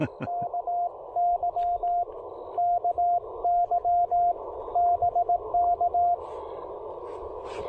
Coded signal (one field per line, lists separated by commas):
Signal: Morse code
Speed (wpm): 18 wpm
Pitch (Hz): 690 Hz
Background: speech, radio noise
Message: KY KY BK